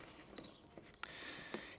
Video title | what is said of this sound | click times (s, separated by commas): EGO LM1903ESP Battery Powered Lawnmower | keep hearing that lovely clicking noise and that tells you you're getting it in place | 0.4 s, 1.0 s